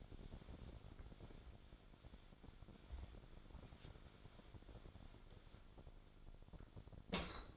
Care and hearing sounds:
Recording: daily activity, microphone in the room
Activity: wipe stove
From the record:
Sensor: 5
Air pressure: 1007.1 hPa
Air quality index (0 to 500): 174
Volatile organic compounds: 4 ppm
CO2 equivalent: 1662 ppm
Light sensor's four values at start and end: 53/147/58/58 and 53/145/57/58

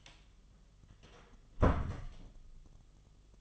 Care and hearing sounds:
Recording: daily activity, microphone in the room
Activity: close door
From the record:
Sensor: 4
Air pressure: 1005.9 hPa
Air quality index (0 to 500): 91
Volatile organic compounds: 2 ppm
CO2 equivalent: 1128 ppm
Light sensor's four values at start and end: 12/28/11/10 and 13/30/12/11

